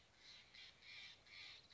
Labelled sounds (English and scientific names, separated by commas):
Steller's Jay (Cyanocitta stelleri)